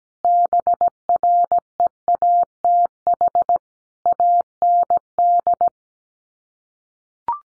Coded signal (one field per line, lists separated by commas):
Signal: Morse code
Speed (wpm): 17 wpm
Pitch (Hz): 700 Hz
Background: none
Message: BREATH AND